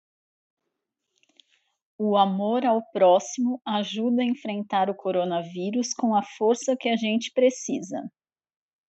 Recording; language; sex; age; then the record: spoken sentence; Brazilian Portuguese; female; 40 to 49 years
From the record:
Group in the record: control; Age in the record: 41 years